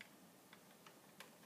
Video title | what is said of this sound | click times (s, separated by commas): F+P Active Humidification on a Vent | it is clicked in now | 0.0 s